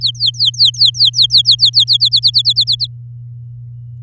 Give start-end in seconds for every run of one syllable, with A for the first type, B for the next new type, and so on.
0.01-1.97 A, 2.00-2.87 B